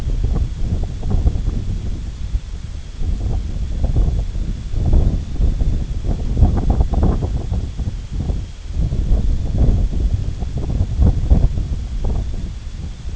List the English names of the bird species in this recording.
none